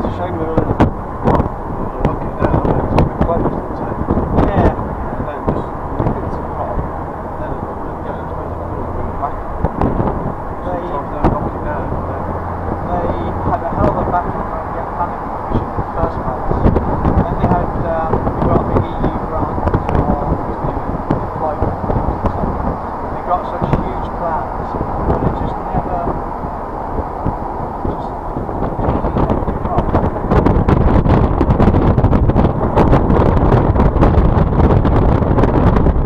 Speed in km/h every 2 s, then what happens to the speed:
44, 44, 45, 45, 52, 52, 53, 53, 55, 55, 55, 55, 52, 50, 47, 47, 48, 47.
0-15 speeds up to 55. 15-23 steady at about 55. 23-28 slows to 47. 28-36 steady at about 47.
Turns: 26-36.